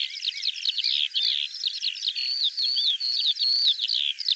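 Bird song, a dense jumble of high chirps and wavering whistles, with drawn-out slurred notes running through the middle.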